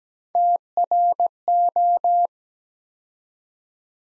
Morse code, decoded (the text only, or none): TRO